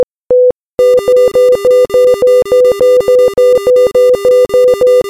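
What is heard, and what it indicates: A simulated heart monitor sound effect gives a couple of spaced beeps, then switches to fast, steady two-tone beeping at roughly 200 beeps a minute, portraying a heart rate going from normal to an increased rate.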